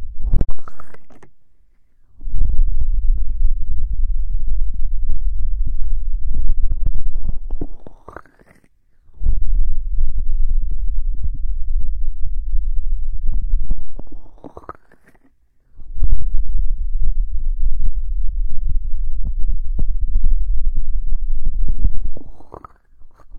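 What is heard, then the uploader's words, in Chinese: Ear cupping sounds in three muffled, deep rumbling presses of about six seconds each, each ending with a rising suction sweep before brief silence. 捂耳 耳朵拔罐 深海炸弹。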